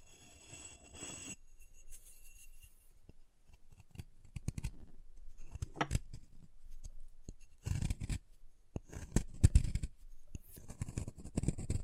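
Chalk being carved and cut, heard as short dry scrapes and clicks scattered through the twelve seconds. The strokes come irregularly, with quieter stretches between, and grow denser and louder toward the end, with gritty bursts around eight and ten seconds.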